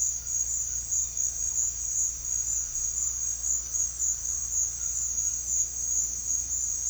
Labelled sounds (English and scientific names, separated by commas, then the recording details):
none
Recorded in pastures near Puerto Asís, Putumayo, Colombia, on 4 March 2025 at 17:00
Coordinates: 0.502, -76.324
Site GP07